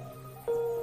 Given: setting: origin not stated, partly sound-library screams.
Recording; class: one-second piece from a danger detection set; normal situation